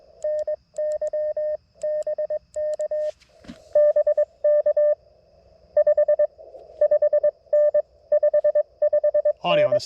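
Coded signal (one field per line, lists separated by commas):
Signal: Morse code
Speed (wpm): 21 wpm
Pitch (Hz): 610 Hz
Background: speech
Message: NY BK BK 55N 55N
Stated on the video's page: QRP CW Parks on the Air activation with an LNR Precision MTR-4B, using 66 feet of wire in a tree.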